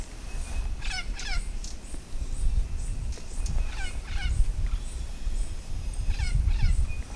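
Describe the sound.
Bird calls: short sharp downward-sweeping notes in quick pairs, repeated in bursts over several seconds, against heavy low rumbling background noise.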